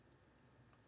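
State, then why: Not seated. A plastic time-strip indicator on the filter of a Miele U1 Dynamic (S7) upright vacuum cleaner is being pressed by hand to start it. Only a low, steady handling rustle is heard, and nothing has clicked or seated yet.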